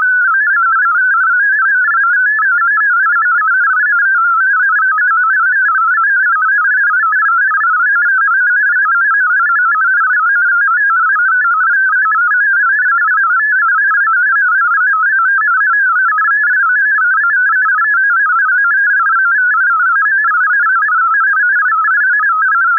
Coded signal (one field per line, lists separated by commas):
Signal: multi-tone FSK (Olivia or MFSK type)